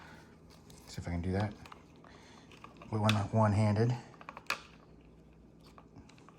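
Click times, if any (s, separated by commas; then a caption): 4.5 s. A replacement charcoal antichlorine water filter cartridge is pushed one-handed into the plastic filter holder of a DeLonghi COM53x coffee machine while someone talks. A few small handling clicks and taps are followed by a sharp, bright pop at 4.5 seconds as the cartridge seats in the holder.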